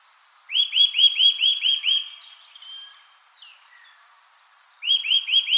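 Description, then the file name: Eurasian nuthatch with a quick series of seven loud, bouncing whistles, a pause filled by faint high bird notes, then the series starting again. "Sitta europaea"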